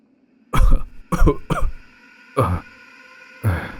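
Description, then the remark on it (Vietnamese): An old man, just freed of a cloth gag stuffed in his mouth, coughs hard and raspily, three rough hacks in quick succession followed by two more spaced-out, throaty coughs, with no talking. “Ông lão ho sặc sụa vài tiếng, liền nhận ra là hai cô gái trẻ lạ mặt.”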